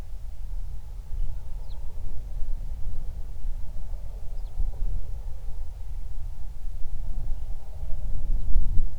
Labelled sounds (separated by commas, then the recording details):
bird
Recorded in the Prudhoe Bay oil fields, Alaska, on 31 July 2019 at 07:50
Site 24